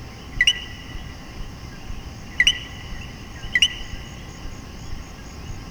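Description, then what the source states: Common coquí giving three two-note co-QUI calls, low then rising high, spaced one to two seconds apart over quiet background noise. Several common coquí frogs calling in Puerto Rico.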